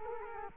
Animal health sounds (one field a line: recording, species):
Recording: mosquito wingbeat signal from an infrared sensor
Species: Culex quinquefasciatus